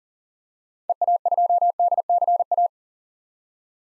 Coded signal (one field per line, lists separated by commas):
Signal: Morse code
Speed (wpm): 40 wpm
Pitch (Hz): 700 Hz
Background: none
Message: EA2DCA